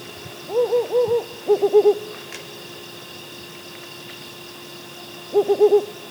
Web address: Mottled Wood Owl Strix ocellata grisescens. mottled wood owl call